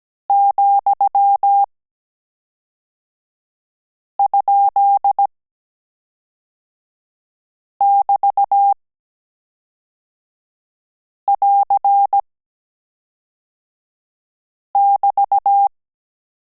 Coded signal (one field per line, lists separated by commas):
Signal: Morse code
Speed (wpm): 17 wpm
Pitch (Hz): 800 Hz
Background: none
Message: ,?<BT><AR><BT>